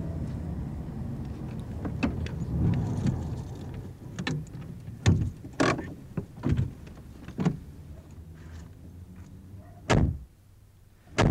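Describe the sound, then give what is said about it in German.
A car engine rumbles low and steady as the car drives up into a yard to load goods, then settles as a series of sharp clunks and thuds follows, like doors and parts being handled, with a final loud bang. “Wir werden gleich bis auf den Hofruf fahren und denn da die Sachen einladen.”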